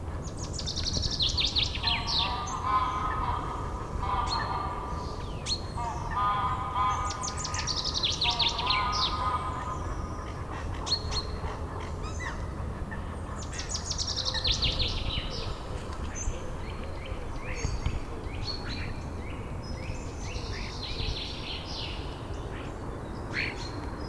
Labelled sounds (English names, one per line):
Common Chaffinch